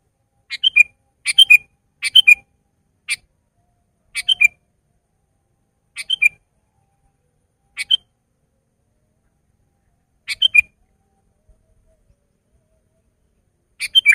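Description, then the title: Sooty-headed bulbul giving a loose series of short chirps and paired bubbly notes, closely spaced at first, then sparser with gaps of a few seconds. "kutilang"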